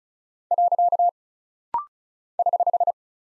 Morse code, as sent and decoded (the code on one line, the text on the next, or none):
.-.-.- / ........
. <HH>